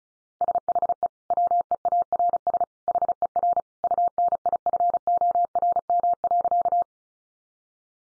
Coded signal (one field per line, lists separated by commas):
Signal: Morse code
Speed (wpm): 34 wpm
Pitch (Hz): 700 Hz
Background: none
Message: SHE WEARS HER UNIFORM.